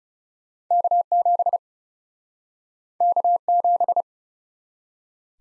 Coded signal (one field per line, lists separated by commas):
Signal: Morse code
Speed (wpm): 37 wpm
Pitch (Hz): 700 Hz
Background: none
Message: K7 K7